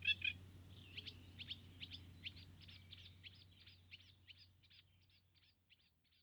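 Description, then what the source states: Eurasian reed warbler song, a loud opening note and then a long string of dry clipped notes, slowly fading away over a low drone. 13 June 2015.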